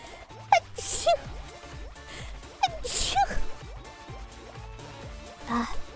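Two sneezes from the speaker, about two seconds apart, each after a sharp gasping inhale, with soft music behind.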